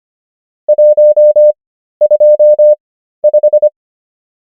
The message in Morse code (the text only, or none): 125